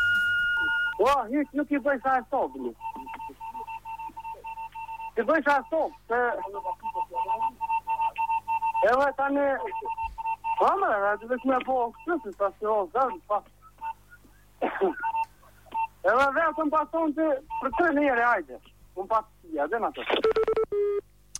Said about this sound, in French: si quelqu'un comprend le morse, qu'il n'hésite pas à nous transcrire ce qu'il a essayé de nous dire par SMS